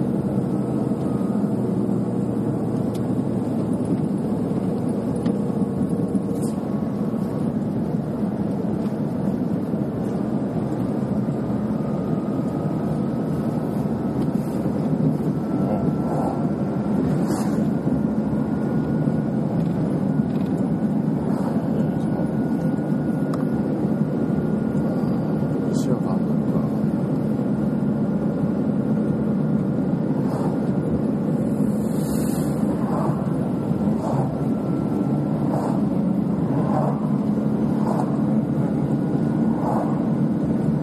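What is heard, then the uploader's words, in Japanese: A truck drives along at steady speed, its low engine drone and road rumble filling the whole clip without a break. A faint whining tone rises slowly through the middle, and small clicks and rattles come and go, bunching up toward the end. トラックの走行音。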